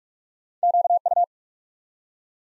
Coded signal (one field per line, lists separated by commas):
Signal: Morse code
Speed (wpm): 44 wpm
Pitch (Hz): 700 Hz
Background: none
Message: QU